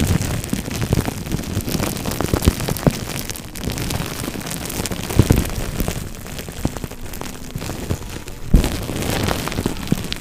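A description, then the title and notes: Dense crinkling and crackling of bubble wrap continues throughout, with sharper pops near 5 and 8.5 seconds over a soft rustling bed. Brain massage (bubble wrap, crinkle sounds, no talking).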